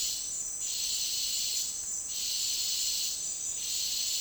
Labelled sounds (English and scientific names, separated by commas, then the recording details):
none
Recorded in dense forest near Puerto Asís, Putumayo, Colombia, on 13 March 2025 at 12:30
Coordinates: 0.499, -76.324
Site GP03